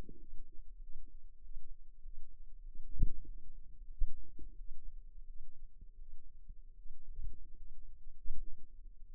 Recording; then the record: forearm muscle sounds (acoustic myography)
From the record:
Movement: finger pinch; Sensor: system 2, bracelet of six BSWA MPA416 microphones around the upper forearm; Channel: 2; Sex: female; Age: 23 years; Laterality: right